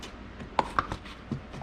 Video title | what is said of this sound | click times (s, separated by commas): BRAKE BOOSTER REBUILD FOR THE BRICKLIN SV1 | there we are it popped right into place you want to make sure that is fully seated down inside there | 0.6 s, 0.8 s